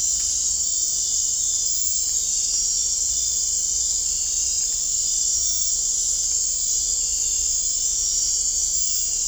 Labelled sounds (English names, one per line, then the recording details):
none
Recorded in dense forest near Puerto Asís, Putumayo, Colombia, on 16 December 2024 at 03:00
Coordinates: 0.499, -76.324
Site G045